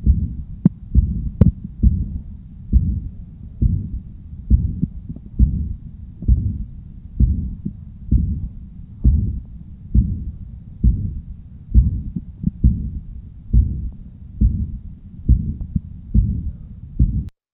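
Adult heart heard by stethoscope at about 67 beats per minute: a classic textbook mitral regurgitation murmur, soft, blowing and holosystolic, radiating to the axilla. No loud S1 is heard; a loud S1 is associated with prolapse.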